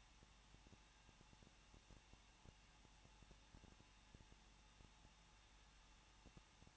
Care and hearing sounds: daily activity, microphone in the room; no activity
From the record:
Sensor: 1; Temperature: 20.1 degrees Celsius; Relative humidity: 39.0%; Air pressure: 1006.5 hPa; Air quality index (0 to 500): 216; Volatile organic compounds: 71 ppm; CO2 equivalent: 3532 ppm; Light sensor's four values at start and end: 1/2/1/1 and 1/2/1/1

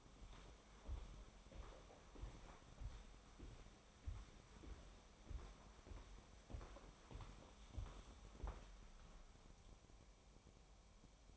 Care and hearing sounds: daily activity, microphone in the room; walk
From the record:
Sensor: 1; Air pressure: 1015.3 hPa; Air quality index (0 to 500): 126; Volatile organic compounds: 5 ppm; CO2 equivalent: 1725 ppm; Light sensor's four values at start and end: 13/33/13/15 and 13/32/13/15

